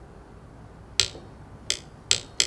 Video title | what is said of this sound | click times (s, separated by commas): Hammonds Disassemble instructional Video | that click so that tells me that I'm there on that one too now | 2.1 s